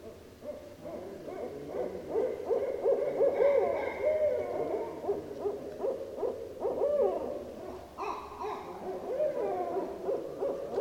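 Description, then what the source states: Barred owl giving a busy tangle of throaty, wavering hoots and cackling bursts. Recorded on 15 December 2012.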